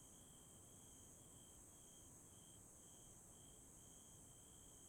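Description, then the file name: Bell cricket chirping: bright tinkling pulses ringing steadily above a constant hiss of other insects and faint low rumble. "鈴虫鳴き声"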